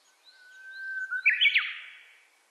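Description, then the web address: Japanese bush warbler song: a long, steady low whistle held for about a second, then a quick, jumpy rising flourish of bright notes. Recorded on 29 April 2001. "2001 010429 uguisu"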